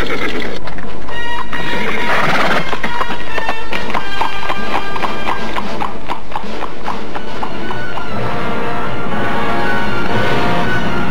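Six riders' horses gallop hard, their hoofbeats forming a loud, continuous rapid clatter for about eleven seconds, with occasional high whinnying cries rising above the drumming.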